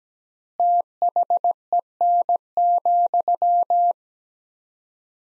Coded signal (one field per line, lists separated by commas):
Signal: Morse code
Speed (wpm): 17 wpm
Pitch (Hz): 700 Hz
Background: none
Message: THEN,